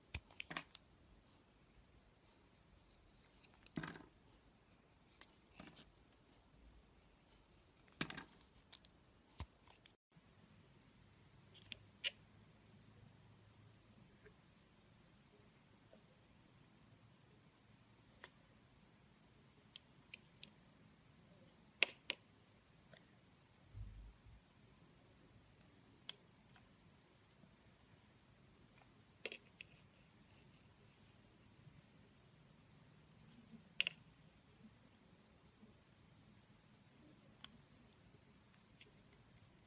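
Soap carving: sharp little cuts and scrapes land every second or two, brief and crisp, over an otherwise quiet stretch. After about ten seconds a soft low rumble sets in underneath and stays, while the sparse blade clicks continue irregularly to the end.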